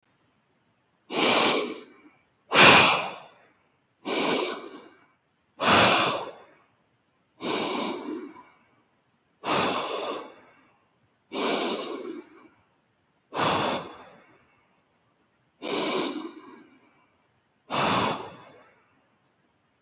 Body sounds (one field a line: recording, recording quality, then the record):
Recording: deep breathing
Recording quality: excellent, no background noise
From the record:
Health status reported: healthy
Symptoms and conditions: none ticked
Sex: male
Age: 26 years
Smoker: not ticked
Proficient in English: yes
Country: Canada